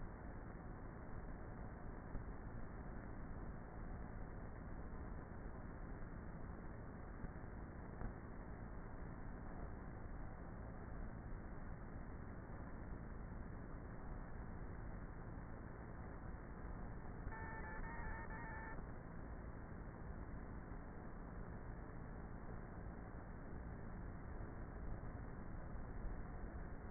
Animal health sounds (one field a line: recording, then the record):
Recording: honeybee colony, microphone inside the hive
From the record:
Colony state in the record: queenless with a low population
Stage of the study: before two queens were removed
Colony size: about 30,000 bees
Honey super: no